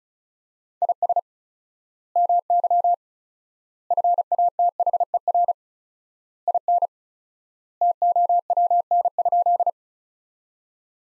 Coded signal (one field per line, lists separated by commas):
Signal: Morse code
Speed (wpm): 36 wpm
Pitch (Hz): 700 Hz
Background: none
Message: IS MY FATHER IN TOWN?